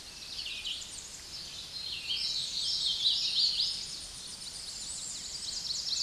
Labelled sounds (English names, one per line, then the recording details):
Hooded Warbler song
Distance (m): 30 m
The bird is about 5 m above the microphone
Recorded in a Pennsylvania forest on 16 May 2024 at 09:41
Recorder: AudioMoth, point MSD-2143
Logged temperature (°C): 16.0 °C
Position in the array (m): 26 m, 150 m